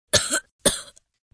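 Child, acted. Two coughs from a child who isn't feeling well.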